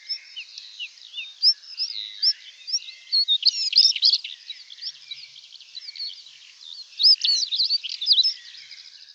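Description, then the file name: European stonechat singing a fast scratchy warble of varied high chirps and squeaky notes, delivered in continuous bursts. "svarthakad buskskvatta"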